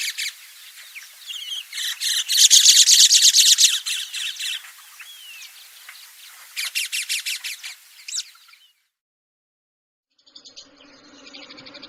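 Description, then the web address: Fischer's lovebird giving loud, harsh pulsed squawks in fast rattling series, a rising whistled note between, then a sudden stop and faint different chirping afterwards. "golosa ptic kak poyut popugai nerazlucniki agapornis. parrots agapornis-fischeri"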